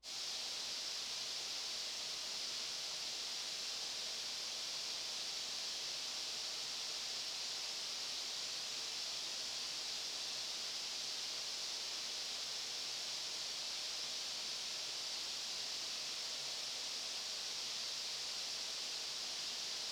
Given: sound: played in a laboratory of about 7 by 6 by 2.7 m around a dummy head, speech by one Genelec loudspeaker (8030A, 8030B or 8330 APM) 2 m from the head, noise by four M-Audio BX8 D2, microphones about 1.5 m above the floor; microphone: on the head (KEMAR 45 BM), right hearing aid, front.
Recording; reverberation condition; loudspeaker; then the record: white noise; high; four, about 170 cm from the corners of the room and facing them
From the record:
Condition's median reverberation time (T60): about 1300 ms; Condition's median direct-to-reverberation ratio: about -4.0 dB